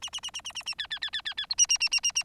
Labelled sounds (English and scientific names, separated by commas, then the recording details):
Bengalese Finch (Lonchura striata domestica) song
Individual Bird4